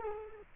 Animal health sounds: mosquito wingbeat signal from an infrared sensor; Culex quinquefasciatus

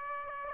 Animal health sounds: mosquito wingbeat signal from an infrared sensor; Aedes aegypti

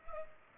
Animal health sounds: mosquito wingbeat signal from an infrared sensor; Culex pipiens

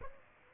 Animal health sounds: mosquito wingbeat signal from an infrared sensor; Aedes aegypti

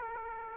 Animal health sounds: mosquito wingbeat signal from an infrared sensor; Aedes aegypti

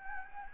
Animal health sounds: mosquito wingbeat signal from an infrared sensor; Anopheles gambiae

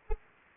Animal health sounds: mosquito wingbeat signal from an infrared sensor; Anopheles arabiensis

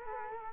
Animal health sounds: mosquito wingbeat signal from an infrared sensor; Culex quinquefasciatus

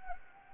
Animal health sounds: mosquito wingbeat signal from an infrared sensor; Anopheles gambiae

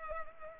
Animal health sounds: mosquito wingbeat signal from an infrared sensor; Culex pipiens

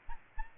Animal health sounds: mosquito wingbeat signal from an infrared sensor; Aedes aegypti

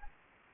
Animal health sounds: mosquito wingbeat signal from an infrared sensor; Anopheles gambiae

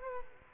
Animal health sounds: mosquito wingbeat signal from an infrared sensor; Culex quinquefasciatus

